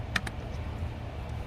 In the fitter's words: This goes on this side, so this just snaps into place like so.